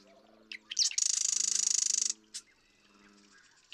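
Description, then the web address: Marsh Wren delivering one grating, rapidly pulsed trill after a few quick clicks, while low, even, droning tones repeat steadily underneath. "birdsongforthecurious Marsh Wren"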